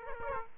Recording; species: mosquito wingbeat signal from an infrared sensor; Aedes aegypti